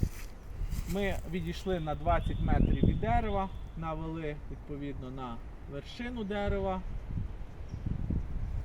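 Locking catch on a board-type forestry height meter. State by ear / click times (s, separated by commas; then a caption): not seated / none. Someone talks while handling a board-type forestry height meter, aimed at a treetop from 20 m away, with a locking catch that clamps the pendulum indicator so the height can be read off the scale. The talk runs throughout over a low background. The locking catch has not engaged yet, and nothing has clicked in this clip.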